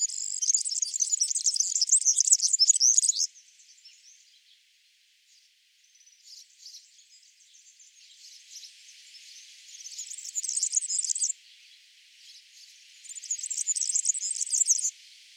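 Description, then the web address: European serin song: high, rapid, jangling buzzy bursts, three bouts, the first about three seconds and the other two under two seconds, with quieter gaps between. "birdify Serinus serinus"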